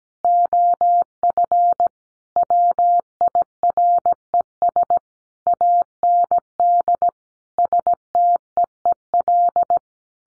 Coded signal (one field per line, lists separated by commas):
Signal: Morse code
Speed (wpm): 17 wpm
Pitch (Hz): 700 Hz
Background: none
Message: OF WIRES AND STEEL